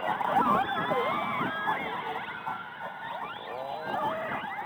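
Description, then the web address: Orca calls underwater, a tangle of overlapping squeals and sweeps over steady hiss. Underwater recording. "subacuatica Audio archivos Orcas"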